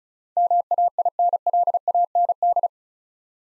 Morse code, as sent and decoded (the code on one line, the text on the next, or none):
-- .- .. -. .-.. .- -. -..
MAINLAND